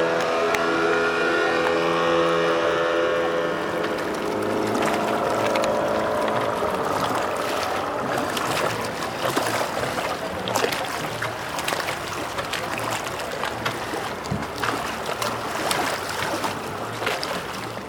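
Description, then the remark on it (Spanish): At a river pier in Girardot, a boat engine drones with a steady low hum at first, then gives way to continuous churning river water and splashing, with scattered knocks and clatters over the wash. “Vamos a visitar el río, percibimos un cambio total del paisaje. Llegamos al embarcadero”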